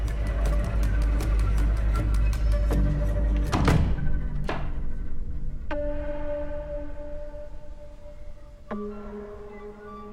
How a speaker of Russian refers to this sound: В входит в свою комнату, ставит поднос и возвращается, чтобы закрыть дверь